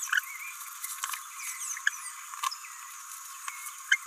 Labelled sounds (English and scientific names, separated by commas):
Green-rumped Parrotlet (Forpus passerinus) babbling